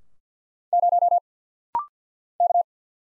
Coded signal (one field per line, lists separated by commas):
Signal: Morse code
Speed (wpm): 50 wpm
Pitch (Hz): 700 Hz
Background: none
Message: 0 K